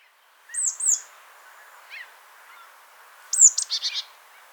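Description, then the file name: Marsh tit calls: two sharp, high downslurred notes, then a high note followed by a quick run of buzzy, scratchy notes, with faint softer calls of another bird beneath. "Poecile palustris"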